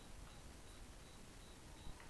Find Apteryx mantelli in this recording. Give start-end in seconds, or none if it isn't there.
none